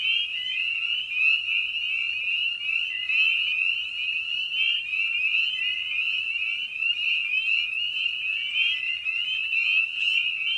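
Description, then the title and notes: Spring peepers calling together, shrill rising peeps layered into a steady, unbroken ringing chorus. Evening at a frog pond. "Night of the Peepers. Species in Focus: Spring Peeper (Pseudacris crucifer). Ian Carlsen"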